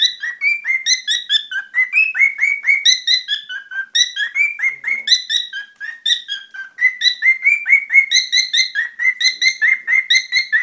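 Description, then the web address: Cockatiel giving a long run of harsh, rapid chirps with bright overtones, broken by a few short pauses. "korella"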